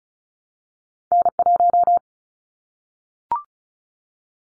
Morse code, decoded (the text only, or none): N1